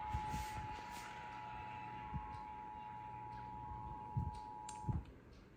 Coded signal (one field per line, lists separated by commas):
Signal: Emergency Alert System (SAME) tones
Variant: 853 and 960 Hz attention tone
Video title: Los Angeles Flash Flood Warning EAS on August 20, 2023